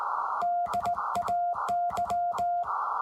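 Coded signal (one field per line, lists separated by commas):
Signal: Morse code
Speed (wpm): 16 wpm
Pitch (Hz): 700 Hz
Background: none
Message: DAY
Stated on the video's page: Amateur radio Morse contact on Memorial Day using a Ten-Tec 506 Rebel.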